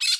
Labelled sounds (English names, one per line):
Brown-throated Parakeet contact call